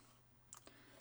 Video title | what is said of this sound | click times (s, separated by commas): Disney Dolls House Issue 79, 80, 81, 82 - Attic Room | however mine's not clicking into place so | none